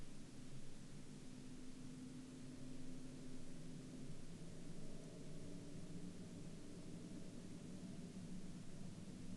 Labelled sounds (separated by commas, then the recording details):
man-made sound
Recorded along the Dempster Highway, Canada, on 14 October 2020 at 08:03
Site 16